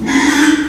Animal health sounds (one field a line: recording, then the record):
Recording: squeal of a Yucatan mini pig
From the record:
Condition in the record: after surgery on the right vocal fold (resection and tissue-engineered implant)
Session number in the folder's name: 4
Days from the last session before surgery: 42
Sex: male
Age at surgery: 12 weeks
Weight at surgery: 13 kg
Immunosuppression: cyclosporine, prednisolone